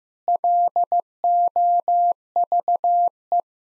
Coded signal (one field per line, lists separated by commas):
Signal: Morse code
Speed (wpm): 15 wpm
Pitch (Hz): 700 Hz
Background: none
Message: LOVE